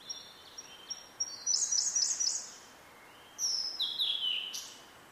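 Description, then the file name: Blue-and-white flycatcher song with a run of looping high notes, a pause, then a bright whistle sliding down, over a constant hiss. "oruri"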